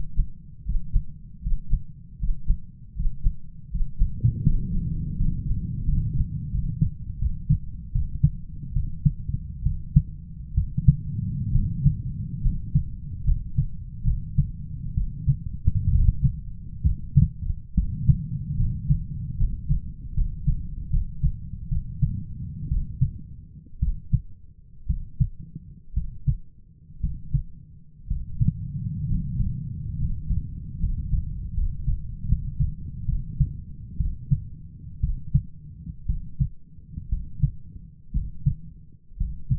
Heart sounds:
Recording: heart sounds by stethoscope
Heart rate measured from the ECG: 69 bpm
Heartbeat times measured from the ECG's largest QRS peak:
0.64 s: heartbeat
1.41 s: heartbeat
2.18 s: heartbeat
2.94 s: heartbeat
3.70 s: heartbeat
4.43 s: heartbeat
5.16 s: heartbeat
5.84 s: heartbeat
6.51 s: heartbeat
7.18 s: heartbeat
7.92 s: heartbeat
8.73 s: heartbeat
9.63 s: heartbeat
10.54 s: heartbeat
11.51 s: heartbeat
12.41 s: heartbeat
13.24 s: heartbeat
14.04 s: heartbeat
14.94 s: heartbeat
15.90 s: heartbeat
16.83 s: heartbeat
17.75 s: heartbeat
18.57 s: heartbeat
19.37 s: heartbeat
20.14 s: heartbeat
20.90 s: heartbeat
21.69 s: heartbeat
22.69 s: heartbeat
23.80 s: heartbeat
24.87 s: heartbeat
25.94 s: heartbeat
27.01 s: heartbeat
28.08 s: heartbeat
29.07 s: heartbeat
29.97 s: heartbeat
30.78 s: heartbeat
31.53 s: heartbeat
32.25 s: heartbeat
33.06 s: heartbeat
33.97 s: heartbeat
35.01 s: heartbeat
36.06 s: heartbeat
37.09 s: heartbeat
38.13 s: heartbeat
39.17 s: heartbeat
From the record:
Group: healthy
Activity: breath hold 0-1 s, rest 1-40 s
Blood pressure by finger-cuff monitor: 131/76 mmHg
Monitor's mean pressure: 91 mmHg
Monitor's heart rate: 67 bpm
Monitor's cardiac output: 7.3 L/min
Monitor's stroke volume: 105 mL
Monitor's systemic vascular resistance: 970 dyn s/cm5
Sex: male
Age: 23 years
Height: 178 cm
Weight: 96.6 kg

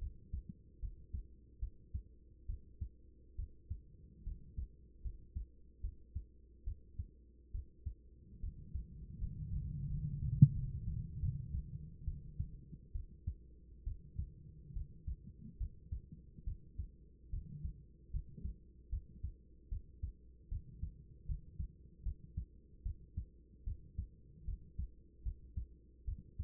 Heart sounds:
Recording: heart sounds by stethoscope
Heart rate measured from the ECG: 74 bpm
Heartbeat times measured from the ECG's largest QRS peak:
0.79 s: heartbeat
1.59 s: heartbeat
2.46 s: heartbeat
3.35 s: heartbeat
4.23 s: heartbeat
5.01 s: heartbeat
5.81 s: heartbeat
6.64 s: heartbeat
7.51 s: heartbeat
8.40 s: heartbeat
9.18 s: heartbeat
9.88 s: heartbeat
10.53 s: heartbeat
11.19 s: heartbeat
12.05 s: heartbeat
12.92 s: heartbeat
13.84 s: heartbeat
14.73 s: heartbeat
15.57 s: heartbeat
16.44 s: heartbeat
17.30 s: heartbeat
18.11 s: heartbeat
18.89 s: heartbeat
19.69 s: heartbeat
20.48 s: heartbeat
21.26 s: heartbeat
22.03 s: heartbeat
22.83 s: heartbeat
23.64 s: heartbeat
24.45 s: heartbeat
25.23 s: heartbeat
26.05 s: heartbeat
From the record:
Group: healthy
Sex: female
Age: 24 years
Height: 163 cm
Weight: 55.7 kg

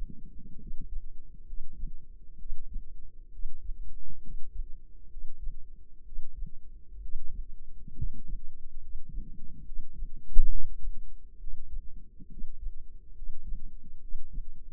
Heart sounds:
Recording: heart sounds by microphone in the left ear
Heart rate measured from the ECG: 67 bpm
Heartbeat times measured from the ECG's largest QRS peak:
0.56 s: heartbeat
1.43 s: heartbeat
2.36 s: heartbeat
3.29 s: heartbeat
4.19 s: heartbeat
5.07 s: heartbeat
6.02 s: heartbeat
6.99 s: heartbeat
7.93 s: heartbeat
8.78 s: heartbeat
9.62 s: heartbeat
10.47 s: heartbeat
11.37 s: heartbeat
12.27 s: heartbeat
13.12 s: heartbeat
13.98 s: heartbeat
From the record:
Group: healthy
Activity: rest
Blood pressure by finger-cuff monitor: 122/67 mmHg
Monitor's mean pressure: 80 mmHg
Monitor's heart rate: 67 bpm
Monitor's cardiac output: 5 L/min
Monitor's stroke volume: 76 mL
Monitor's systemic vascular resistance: 1150 dyn s/cm5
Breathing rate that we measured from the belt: 16 breaths a minute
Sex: male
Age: 20 years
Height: 167 cm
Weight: 61 kg

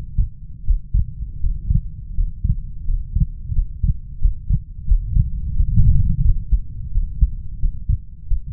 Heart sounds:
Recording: heart sounds by stethoscope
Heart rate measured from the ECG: 87 bpm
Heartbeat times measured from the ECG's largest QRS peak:
0.64 s: heartbeat
1.39 s: heartbeat
2.13 s: heartbeat
2.84 s: heartbeat
3.52 s: heartbeat
4.18 s: heartbeat
4.85 s: heartbeat
5.53 s: heartbeat
6.21 s: heartbeat
6.90 s: heartbeat
7.58 s: heartbeat
8.26 s: heartbeat
From the record:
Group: healthy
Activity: Valsalva maneuver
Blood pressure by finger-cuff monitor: 98/75 mmHg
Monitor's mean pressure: 87 mmHg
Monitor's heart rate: 85 bpm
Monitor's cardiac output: 5.3 L/min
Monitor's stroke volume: 61 mL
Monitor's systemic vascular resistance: 990 dyn s/cm5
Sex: male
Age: 20 years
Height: 187 cm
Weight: 68.9 kg

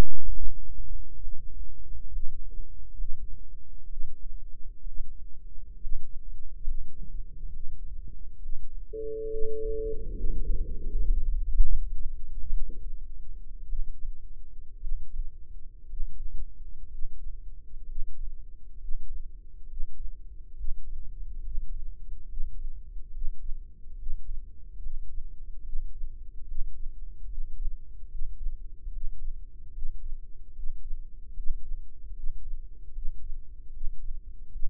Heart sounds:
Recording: heart sounds by microphone in the left ear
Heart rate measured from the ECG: 68 bpm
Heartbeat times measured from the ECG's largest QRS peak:
0.29 s: heartbeat
1.17 s: heartbeat
2.09 s: heartbeat
2.94 s: heartbeat
3.86 s: heartbeat
4.82 s: heartbeat
5.77 s: heartbeat
6.63 s: heartbeat
7.49 s: heartbeat
8.38 s: heartbeat
9.26 s: heartbeat
10.11 s: heartbeat
10.85 s: heartbeat
11.56 s: heartbeat
12.49 s: heartbeat
13.67 s: heartbeat
14.78 s: heartbeat
15.85 s: heartbeat
16.86 s: heartbeat
17.83 s: heartbeat
18.76 s: heartbeat
19.65 s: heartbeat
20.52 s: heartbeat
21.39 s: heartbeat
22.24 s: heartbeat
23.09 s: heartbeat
23.94 s: heartbeat
24.78 s: heartbeat
25.60 s: heartbeat
26.43 s: heartbeat
27.25 s: heartbeat
28.06 s: heartbeat
28.88 s: heartbeat
29.69 s: heartbeat
30.51 s: heartbeat
31.31 s: heartbeat
32.11 s: heartbeat
32.90 s: heartbeat
33.68 s: heartbeat
34.47 s: heartbeat
From the record:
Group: healthy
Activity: rest 0-8 s, Valsalva maneuver 8-35 s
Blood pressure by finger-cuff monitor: 135/85 mmHg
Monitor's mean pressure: 98 mmHg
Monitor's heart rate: 71 bpm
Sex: female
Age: 22 years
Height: 171 cm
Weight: 65.6 kg

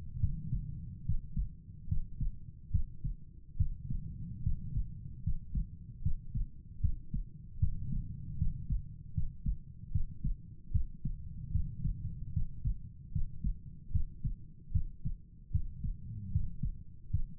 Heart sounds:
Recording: heart sounds by stethoscope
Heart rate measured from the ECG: 75 bpm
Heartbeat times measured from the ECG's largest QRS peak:
0.20 s: heartbeat
1.05 s: heartbeat
1.88 s: heartbeat
2.71 s: heartbeat
3.57 s: heartbeat
4.43 s: heartbeat
5.23 s: heartbeat
6.02 s: heartbeat
6.80 s: heartbeat
7.59 s: heartbeat
8.38 s: heartbeat
9.14 s: heartbeat
9.92 s: heartbeat
10.71 s: heartbeat
11.51 s: heartbeat
12.33 s: heartbeat
13.12 s: heartbeat
13.91 s: heartbeat
14.72 s: heartbeat
15.51 s: heartbeat
16.31 s: heartbeat
17.10 s: heartbeat
From the record:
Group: healthy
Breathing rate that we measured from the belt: 16 breaths a minute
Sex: male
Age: 35 years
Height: 178 cm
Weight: 64 kg

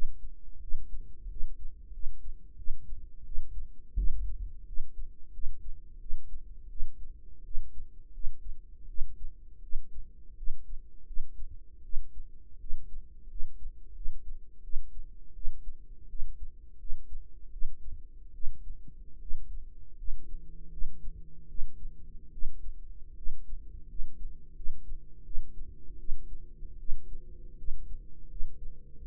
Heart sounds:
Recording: heart sounds by microphone in the right ear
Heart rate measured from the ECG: 82 bpm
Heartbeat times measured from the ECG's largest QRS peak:
0.61 s: heartbeat
1.29 s: heartbeat
1.92 s: heartbeat
2.57 s: heartbeat
3.24 s: heartbeat
3.96 s: heartbeat
4.65 s: heartbeat
5.32 s: heartbeat
5.99 s: heartbeat
6.69 s: heartbeat
7.44 s: heartbeat
8.12 s: heartbeat
8.87 s: heartbeat
9.61 s: heartbeat
10.36 s: heartbeat
11.05 s: heartbeat
11.82 s: heartbeat
12.59 s: heartbeat
13.28 s: heartbeat
13.94 s: heartbeat
14.62 s: heartbeat
15.34 s: heartbeat
16.08 s: heartbeat
16.78 s: heartbeat
17.51 s: heartbeat
18.33 s: heartbeat
19.19 s: heartbeat
19.96 s: heartbeat
20.70 s: heartbeat
21.47 s: heartbeat
22.31 s: heartbeat
23.15 s: heartbeat
23.87 s: heartbeat
24.54 s: heartbeat
25.24 s: heartbeat
25.98 s: heartbeat
26.78 s: heartbeat
27.57 s: heartbeat
28.28 s: heartbeat
29.00 s: heartbeat
From the record:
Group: healthy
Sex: female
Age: 22 years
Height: 157 cm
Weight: 47.6 kg

